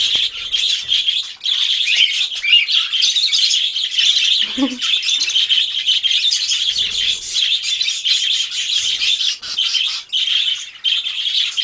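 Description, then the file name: Budgerigar chattering as a flock, a dense, continuous wash of high twittering and chirps with brief dips in loudness around the one-and-a-half-second and ten-second marks. A flock of parakeets calling together. "suara parkit rombongan. omkicau"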